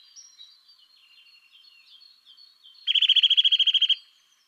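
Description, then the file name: Eurasian nuthatch bursts into a quick, level trill of about fifteen piping notes near the end, following a stretch of faint, scattered high twittering. "Sitta europaea"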